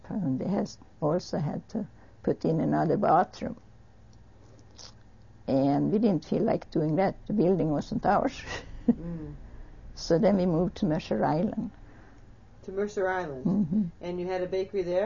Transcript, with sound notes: They also had to put in another bathroom. And we didn't feel like doing that. The building wasn't ours. ( she laughs ) So then we moved to Mercer Island.
To Mercer Island. And you had a bakery there?